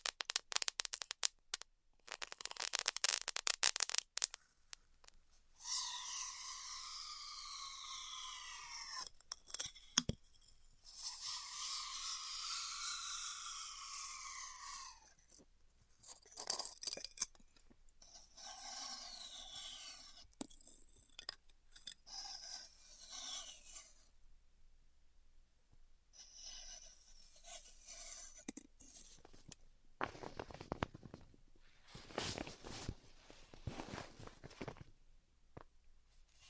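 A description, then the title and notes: Styrofoam being heat cut, with long squealing, wavering tones from about 5 to 10 seconds and again from 11 to 15 that rise and fall in pitch. Between and after them come bursts of scratchy rubbing and crackling, with sharp dense crunches near 30 and 33 seconds. ASMR Styrofoam Heat Cutting (No Talking).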